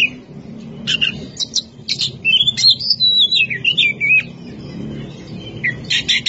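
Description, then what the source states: Oriental magpie-robin song: scratchy chips, then a flowing phrase of rising and falling whistled notes, ending in more harsh chirps, over a low rumbling background. Champion singing bird.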